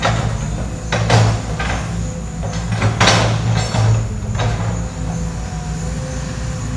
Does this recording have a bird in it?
no